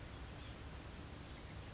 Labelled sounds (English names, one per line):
Chestnut-backed Chickadee